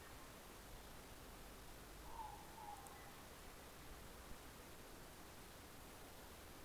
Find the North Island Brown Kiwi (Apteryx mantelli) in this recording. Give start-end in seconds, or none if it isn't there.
none